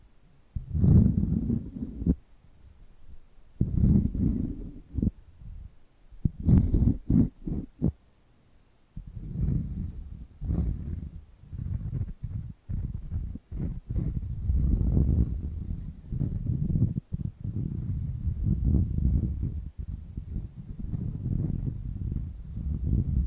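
Scratching and tapping sounds arrive in uneven bursts, mostly low and rough with a thin hiss riding above. The first nine seconds bring short scrapes broken by near-silent gaps, then the rubbing turns almost continuous, pulsing irregularly with sharp taps scattered through.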